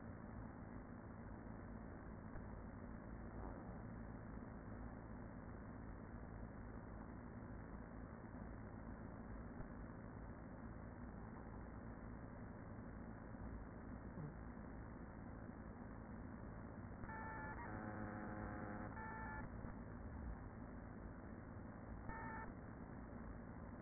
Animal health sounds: honeybee colony, microphone inside the hive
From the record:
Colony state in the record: queen present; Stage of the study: after two queens were removed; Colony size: about 40,000 bees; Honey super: no

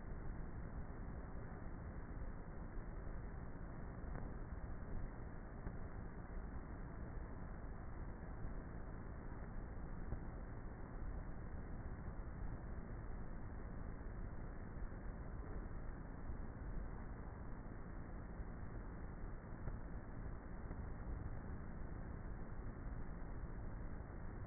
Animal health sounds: honeybee colony, microphone inside the hive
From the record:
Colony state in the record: queenless with a low population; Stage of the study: before two queens were removed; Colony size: about 30,000 bees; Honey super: no

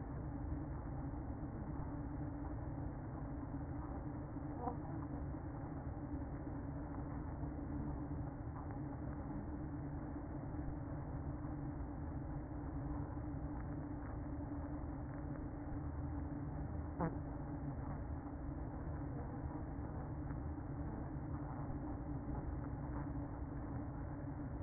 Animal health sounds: honeybee colony, microphone inside the hive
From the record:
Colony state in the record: queen present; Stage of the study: after two queens were removed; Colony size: about 60,000 bees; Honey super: yes

